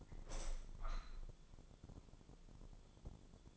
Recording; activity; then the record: daily activity, microphone in the room; open window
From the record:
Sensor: 5